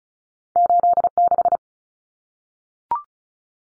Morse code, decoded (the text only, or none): 86